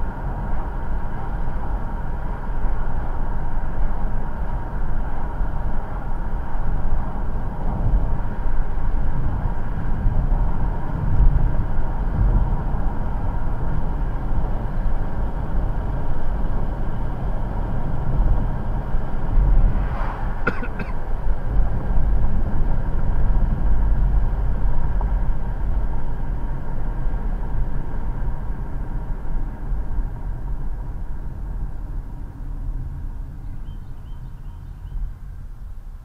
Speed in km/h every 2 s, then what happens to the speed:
60, 60, 60, 60, 60, 60, 58, 58, 61, 60, 58, 56, 53, 50, 45, 35, 23, 13.
0-17 steady at about 60. 17-36 slows to 13.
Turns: none.